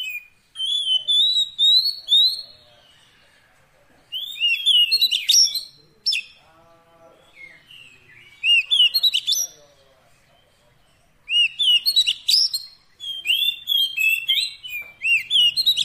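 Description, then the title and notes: Oriental magpie-robin song in separate bursts of ringing whistles and rapid twitters, with short quiet gaps between them. Long-duration fill-in (isian) recording of kacer song, meant to make the bird sing actively day and night. "Kacer Jadi Gacor Siang Malam. Isian Kacer Durasi Panjang"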